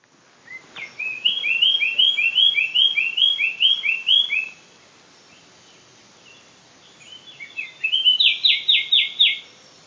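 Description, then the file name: Eurasian blackcap singing two phrases: a run of quick, slurred whistled notes, a pause, then a burst ending in clear, fluty repeated notes. "Sylvia atricapilla"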